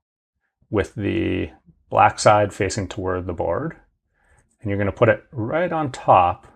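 Someone talks while a small coaxial antenna cable connector for a FlySight is held with its black side toward the circuit board and set on top of the board's mating connector, ready to be pushed straight on. A faint, very short tick is heard around 4.5 s during the placing. Nothing has seated or clicked yet.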